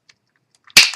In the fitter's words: voilà, vous entendez le clic.